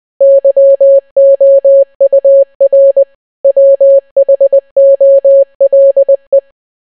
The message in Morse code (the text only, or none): YOUR WHOLE